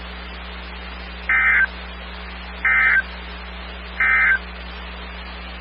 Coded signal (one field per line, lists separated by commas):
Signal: Emergency Alert System (SAME) tones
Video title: RMT's and RWT's (EAS 74-80)